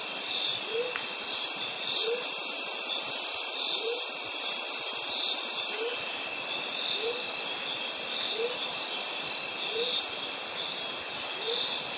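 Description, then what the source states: Cicadas buzz in a dense, unbroken high-pitched chorus, while a soft low note repeats every second or two beneath it. Cicadas heard together with birds in a Mediterranean forest.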